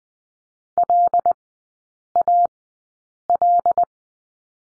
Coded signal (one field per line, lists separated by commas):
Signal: Morse code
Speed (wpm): 20 wpm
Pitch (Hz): 700 Hz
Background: none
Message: L A L